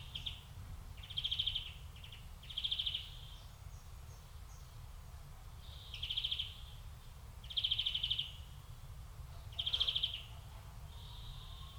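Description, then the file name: European greenfinch calls as buzzy trilled bursts, repeated at irregular intervals, with a steady low rumble in the background. "Chloris chloris"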